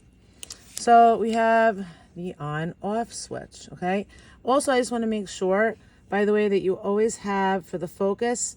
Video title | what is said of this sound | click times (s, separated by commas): How to Use Your Canon Eos Rebel T7 - Part I | Let's close it till it snaps. | 0.4 s, 0.5 s